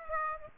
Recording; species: mosquito wingbeat signal from an infrared sensor; Aedes aegypti